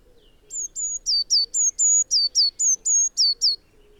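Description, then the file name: Eurasian blue tit giving a rapid series of high, thin notes, about four per second, level whistles mixed with quick down-slurred notes, on a quiet background. "Cyanistes caeruleus"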